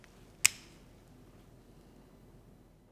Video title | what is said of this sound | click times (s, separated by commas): Salvin Membrane Tack Kit With PowerTack™ Handle | to use first activate the Handle by pulling the end until the button Clicks in place | 0.5 s